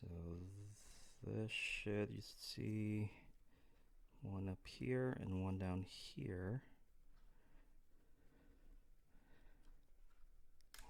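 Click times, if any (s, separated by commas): 10.7 s, 10.8 s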